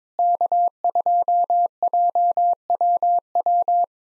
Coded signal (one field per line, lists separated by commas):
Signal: Morse code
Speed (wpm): 22 wpm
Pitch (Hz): 700 Hz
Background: none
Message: K2JWW